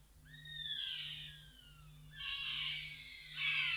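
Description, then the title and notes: Chimango caracara giving long, high, plaintive whistles that slide downward, then a harsher screeching note near the end, with a low hum underneath. Voice described as a plaintive, shrill scream. "Museo de Ciencias de Bahía Blanca. Chimango (Daptrius chimango)"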